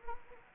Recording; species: mosquito wingbeat signal from an infrared sensor; Anopheles gambiae